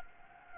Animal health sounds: mosquito wingbeat signal from an infrared sensor; Anopheles gambiae

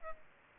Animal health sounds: mosquito wingbeat signal from an infrared sensor; Culex pipiens

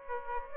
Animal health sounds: mosquito wingbeat signal from an infrared sensor; Aedes aegypti

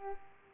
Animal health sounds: mosquito wingbeat signal from an infrared sensor; Culex pipiens

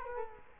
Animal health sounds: mosquito wingbeat signal from an infrared sensor; Culex quinquefasciatus

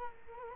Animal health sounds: mosquito wingbeat signal from an infrared sensor; Culex quinquefasciatus

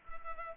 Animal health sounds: mosquito wingbeat signal from an infrared sensor; Culex pipiens

